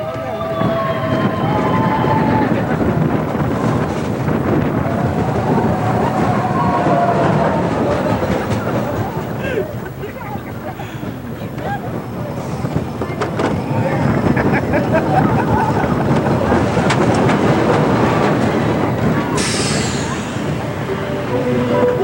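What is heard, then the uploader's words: A mine-train roller coaster rumbles along its track, with a dense, steady roar of wheels and rattling filling the whole clip. Voices and shouts ride over the noise throughout, and a sharp hiss bursts out near the end. Big Thunder Mountain Railroad (Complete Ride Audio).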